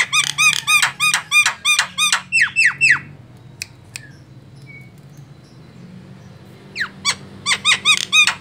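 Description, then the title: Javan myna song: rapid rhythmic series of loud rasping notes, a quiet gap with a few clicks, then the harsh series resumes. Very noisy tutor song meant for training other songbirds. "Jalak Kebo Master Suara Super Berisik Buat Masteran"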